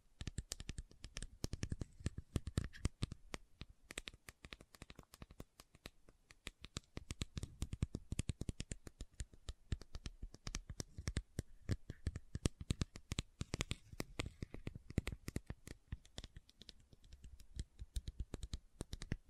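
Bottle tapping goes on throughout, a rapid, uneven patter of sharp clicks and taps that rarely pauses. The hits come in dense bursts, some louder and brighter than others, with a faint steady hiss underneath and brief thinner stretches near the middle and end.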